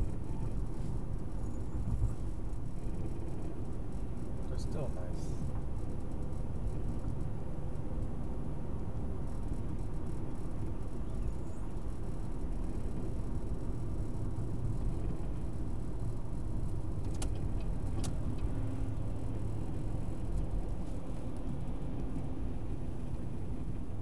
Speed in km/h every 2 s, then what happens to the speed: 58, 58, 60, 63, 63, 60, 58, 55, 52, 48, 44, 42.
0-8 steady at about 60. 8-24 slows to 42.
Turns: none.